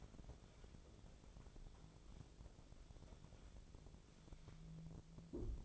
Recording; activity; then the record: daily activity, microphone in the room; wipe stove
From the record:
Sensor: 5